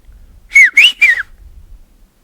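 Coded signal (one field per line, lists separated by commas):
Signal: whistled language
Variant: Silbo herreño (whistled Spanish)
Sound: three quick gliding whistled syllables, falling, rising, then falling, like one word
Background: low room hum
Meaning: Whistled word meaning jacket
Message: chaqueta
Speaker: si usted dice por ejemplo ahora está pensando en una palabra que sabemos sirve a nosotros muchos chaqueta y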